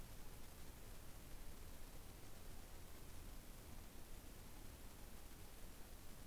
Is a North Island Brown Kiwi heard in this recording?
no